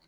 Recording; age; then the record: pig call; piglet (1 to 25 days)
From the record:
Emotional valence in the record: positive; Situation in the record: short reunion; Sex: female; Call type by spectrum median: high-frequency call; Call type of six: low-frequency tonal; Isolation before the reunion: 3 minutes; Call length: 0.08 s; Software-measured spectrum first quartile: 569 Hz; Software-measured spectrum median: 2434 Hz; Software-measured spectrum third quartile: 4532 Hz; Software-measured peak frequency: 4261 Hz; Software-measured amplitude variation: 47 dB a second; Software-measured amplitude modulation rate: 6.2 a second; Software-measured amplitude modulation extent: 7.5 dB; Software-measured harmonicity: 2.4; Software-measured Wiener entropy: -1.41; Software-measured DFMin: 620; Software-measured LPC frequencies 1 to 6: 2125, 2953, 4138, 4445, 6183, 9349 Hz